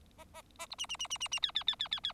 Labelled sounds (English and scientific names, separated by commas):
Bengalese Finch (Lonchura striata domestica) song